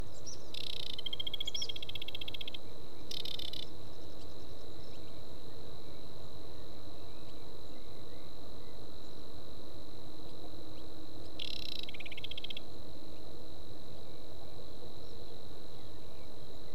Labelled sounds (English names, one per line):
Aquatic Warbler song